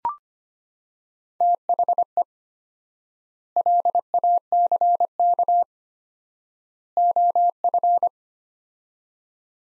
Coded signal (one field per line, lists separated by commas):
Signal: Morse code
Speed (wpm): 25 wpm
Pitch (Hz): 700 Hz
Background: none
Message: THE LACK OF